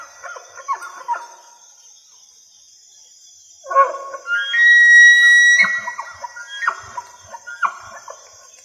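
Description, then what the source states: Elk bugle: scattered rough notes, then a long, high, pure whistled note held about a second, followed by deep chuckling grunts. A steady high tone runs throughout. Bugling, recorded in 2020.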